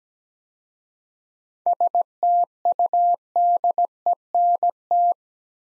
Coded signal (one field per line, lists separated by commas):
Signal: Morse code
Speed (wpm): 17 wpm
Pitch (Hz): 700 Hz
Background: none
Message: STUDENT